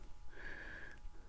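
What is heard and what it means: A second bent silver wire is being fitted so its prongs grip opposite edges of the jump ring of a basket setting under tension. A steady high tone runs from about 0.4 to 0.9 s over low background rumble. Nothing has snapped onto the ring yet.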